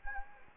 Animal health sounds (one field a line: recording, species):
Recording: mosquito wingbeat signal from an infrared sensor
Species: Anopheles gambiae